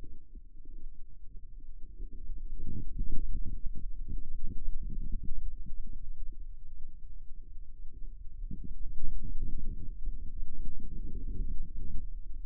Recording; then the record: forearm muscle sounds (acoustic myography)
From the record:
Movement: radial deviation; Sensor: system 2, bracelet of six BSWA MPA416 microphones around the upper forearm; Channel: 5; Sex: female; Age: 25 years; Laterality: right